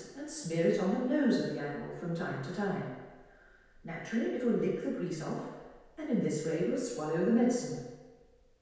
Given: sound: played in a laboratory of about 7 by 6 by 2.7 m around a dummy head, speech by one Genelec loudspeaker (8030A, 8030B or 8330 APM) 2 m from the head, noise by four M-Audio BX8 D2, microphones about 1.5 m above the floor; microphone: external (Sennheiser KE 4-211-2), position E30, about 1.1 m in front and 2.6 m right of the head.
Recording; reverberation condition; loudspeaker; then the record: female speech in English; high; 120 degrees to the left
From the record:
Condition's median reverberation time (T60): about 1300 ms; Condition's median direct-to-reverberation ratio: about -4.0 dB